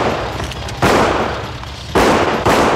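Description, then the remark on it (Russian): Three loud, sharp finishing gunshots fired at a Mercedes by a man in a green bomber jacket who stepped out of a white minibus, each a hard crack that fades into a lingering rumble, the last two fired in quicker succession. No voices are heard. “Сделав контрольные выстрелы, запрыгивает обратно.”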